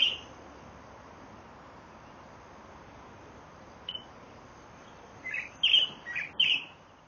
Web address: bird song sirogasira